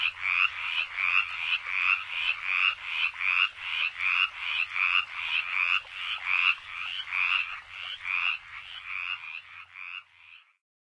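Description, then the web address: Mountain chorus frogs in a dense chorus of raspy, pulsed trills, a continuous grating rhythm that stops abruptly at the end. Frog from North America. "Songs of Frogs Toads of North America. Mountain Chorus Frog"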